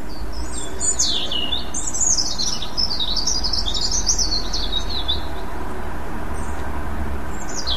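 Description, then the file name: European robin singing a long, tumbling high phrase of rapid trills and slurred whistles, then a few isolated thin notes, over constant low hiss. "rouge gorge"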